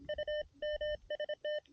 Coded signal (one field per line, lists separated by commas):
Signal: Morse code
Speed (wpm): 26 wpm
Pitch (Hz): 600 Hz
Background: none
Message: U MST